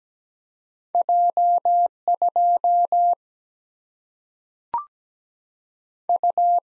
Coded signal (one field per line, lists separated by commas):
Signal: Morse code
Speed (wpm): 17 wpm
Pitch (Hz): 700 Hz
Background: none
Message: J 2 U